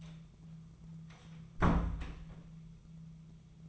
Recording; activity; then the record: daily activity, microphone in the room; close door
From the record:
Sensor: 1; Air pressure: 1005.0 hPa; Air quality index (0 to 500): 85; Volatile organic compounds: 2 ppm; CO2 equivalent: 1157 ppm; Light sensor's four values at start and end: 10/24/9/10 and 10/24/9/10